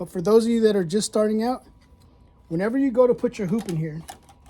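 Someone talks while handling an embroidery hoop, about to push it into the hoop brackets on an embroidery machine arm, with a couple of faint short sounds near the end. The hoop has not yet seated or clicked into the bracket.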